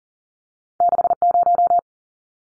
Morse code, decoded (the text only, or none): 60